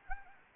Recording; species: mosquito wingbeat signal from an infrared sensor; Anopheles arabiensis